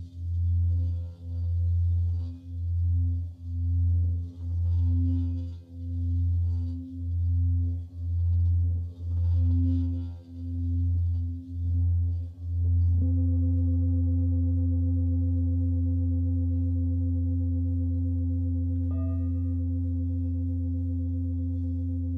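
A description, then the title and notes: A Himalayan bowl hums low and deep, its tone swelling and dipping in a steady pulse about once a second for the first twelve seconds. Then it settles into one long, even ring that fades very slowly, with a faint higher ping near nineteen seconds. A Himalayan Bowl Meditation.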